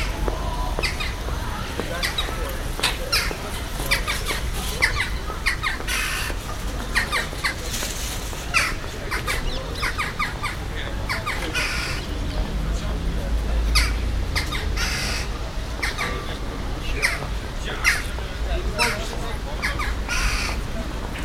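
Jackdaws call in sharp, bright bursts through the whole stretch, often several in quick succession. Beneath them runs a busy outdoor murmur with voices and a low steady rumble of traffic, the calls thickest around the middle and near the end.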